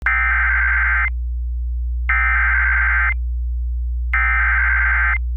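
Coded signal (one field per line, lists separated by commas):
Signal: Emergency Alert System (SAME) tones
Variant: header bursts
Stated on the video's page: Valid EAS tones that can activate the emergency alert system.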